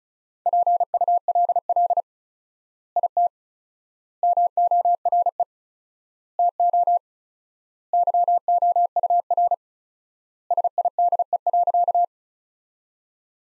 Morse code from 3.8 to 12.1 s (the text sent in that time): MORE TO YOUR SIDE.